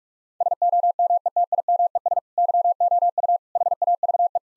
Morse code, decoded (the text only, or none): SOMETIMES YOU HAVE